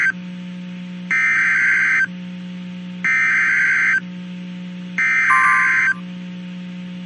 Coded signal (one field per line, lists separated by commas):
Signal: Emergency Alert System (SAME) tones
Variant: header bursts